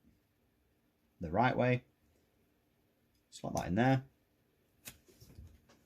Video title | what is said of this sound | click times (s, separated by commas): M4 Rotary Hop - Tutorial | Now it didn't click in, | none